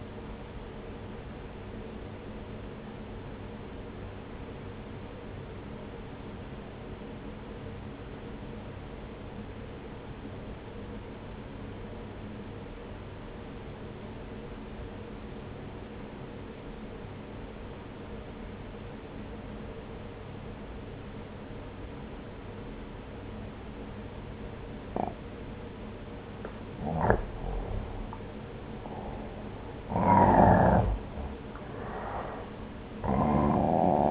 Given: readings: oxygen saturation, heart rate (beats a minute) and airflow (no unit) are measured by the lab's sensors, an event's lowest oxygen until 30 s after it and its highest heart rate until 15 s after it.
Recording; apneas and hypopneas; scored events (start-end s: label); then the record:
breathing in sleep by a voice recorder at the bedside; 1
4.00-29.20 s: obstructive apnea (N1, oxygen 95% highest, then 86% lowest)
9.00-34.11 s: new sleep stage, N2 (light sleep)
From the record:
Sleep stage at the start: N1 (lightest sleep); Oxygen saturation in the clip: 90 to 95%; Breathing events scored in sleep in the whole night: 303 in 8.1 hours asleep